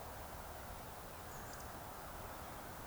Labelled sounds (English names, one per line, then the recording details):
Eurasian Woodcock whistle
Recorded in Baden-Württemberg, Germany, on 3 June 2021 at 19:39 UTC
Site 45499, 200 m above sea level